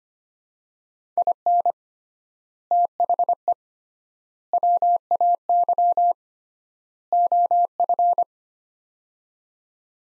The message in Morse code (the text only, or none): IN THE WAY OF